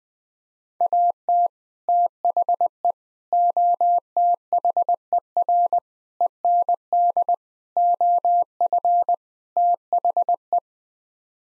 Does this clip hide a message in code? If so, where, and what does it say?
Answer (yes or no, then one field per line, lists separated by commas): yes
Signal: Morse code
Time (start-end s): 0.8-10.6 s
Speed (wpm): 21 wpm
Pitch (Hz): 700 Hz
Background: none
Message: AT THE OTHER END OF THE